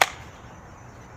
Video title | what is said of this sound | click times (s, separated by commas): IWB Holster by Harry's Holster: Full Review!! Options Loaded!! | holster clicks into place very nice I like it | 0.0 s